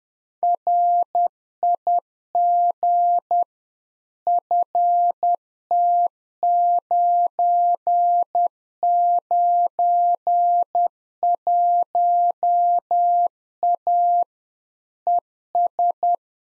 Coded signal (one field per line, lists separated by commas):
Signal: Morse code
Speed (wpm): 10 wpm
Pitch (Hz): 700 Hz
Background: none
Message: RIG FT991A ES